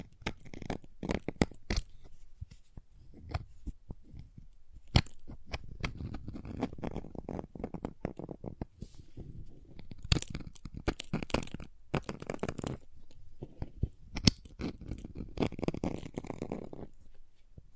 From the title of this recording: Crayons Tapping, Carving, Cutting, Drawing Sounds